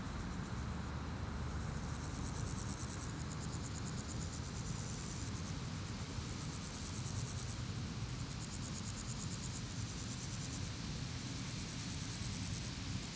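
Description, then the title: Grasshoppers stridulating in high, pulsed buzzy bursts lasting about two seconds, repeated several times, over a steady low rumble of passing traffic. Grasshoppers on a sunny day at Chaussée de Tervueren, Pins Noirs, Auderghem, Brussels, Belgium, with passing cars; recorded with DPA 4060 microphones in AB position into a Zoom F3. "Chaussée de Tervueren, Pins Noirs, Auderghem, Bruxelles-Capitale, 1160, Belgique - Sauterelles - Grasshoppers"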